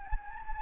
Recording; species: mosquito wingbeat signal from an infrared sensor; Anopheles gambiae